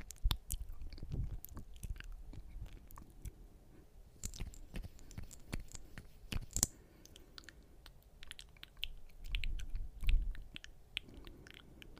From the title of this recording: glass tapping , head scratcher, stickers, mouth sounds